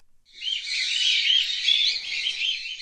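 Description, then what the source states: Cockatiels in a dense chattering chorus of many overlapping chirps and short whistles, continuous and high-pitched, rising in volume after a brief start. Some of 300 cockatiels left behind by a man who died in Anchorage, Alaska; now cared for by the Alaska Bird Club.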